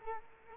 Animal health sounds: mosquito wingbeat signal from an infrared sensor; Culex quinquefasciatus

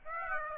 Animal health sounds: mosquito wingbeat signal from an infrared sensor; Aedes aegypti

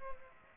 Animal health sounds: mosquito wingbeat signal from an infrared sensor; Culex pipiens

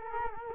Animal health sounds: mosquito wingbeat signal from an infrared sensor; Culex quinquefasciatus

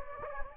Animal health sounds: mosquito wingbeat signal from an infrared sensor; Anopheles gambiae

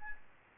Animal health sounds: mosquito wingbeat signal from an infrared sensor; Aedes albopictus

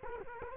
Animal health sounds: mosquito wingbeat signal from an infrared sensor; Culex quinquefasciatus

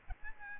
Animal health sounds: mosquito wingbeat signal from an infrared sensor; Aedes albopictus

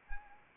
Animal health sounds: mosquito wingbeat signal from an infrared sensor; Anopheles arabiensis

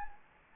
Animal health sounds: mosquito wingbeat signal from an infrared sensor; Anopheles gambiae

